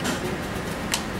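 A coin-sized steel iButton temperature logger, a DS1922L F5 canister, is pressed into a drilled hole in the back of a plastic clubfoot ankle-foot orthosis (AFO) brace. Over a steady low background hum, a short sharp click at 0.9 s marks the button popping into the recess and seating.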